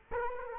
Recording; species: mosquito wingbeat signal from an infrared sensor; Culex quinquefasciatus